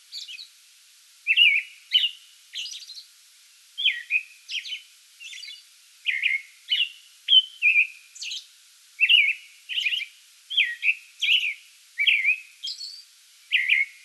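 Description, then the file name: American robin song: a long, even string of many clear caroling whistled phrases, with thin high squeaks interspersed between the lower phrases. Song bout recorded 8 May 2022. "2022-05-08 American Robin song bout"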